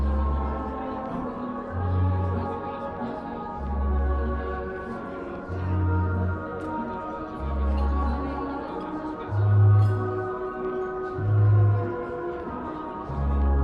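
Oldies music plays in a coffee shop, a steady mix of melody with a low bass note pulsing roughly every two seconds. The tune stays even and full through the middle range, while faint talking murmurs underneath, barely standing out from the music.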